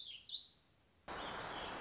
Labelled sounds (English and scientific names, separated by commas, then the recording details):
Warbling Vireo (Vireo gilvus)
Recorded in Sonoma County, California